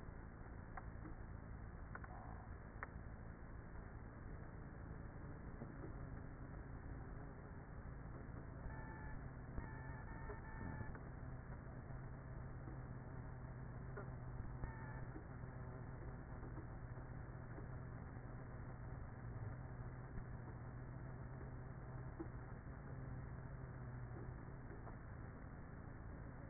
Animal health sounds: honeybee colony, microphone inside the hive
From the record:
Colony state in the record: queenless with a low population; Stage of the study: after two queens were removed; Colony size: about 30,000 bees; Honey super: no

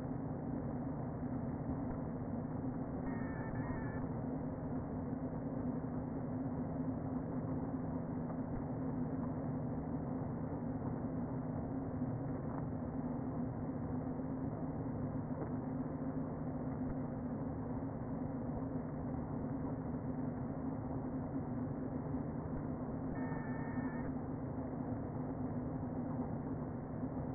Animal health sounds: honeybee colony, microphone inside the hive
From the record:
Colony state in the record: queen present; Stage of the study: before two queens were removed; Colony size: about 60,000 bees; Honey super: yes

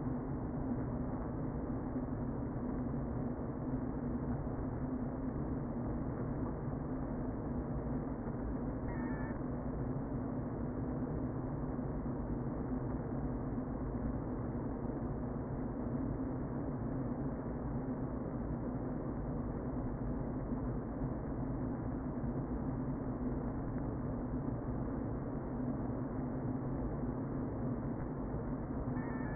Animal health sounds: honeybee colony, microphone inside the hive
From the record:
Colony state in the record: queen present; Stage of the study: before two queens were removed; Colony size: about 60,000 bees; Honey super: yes

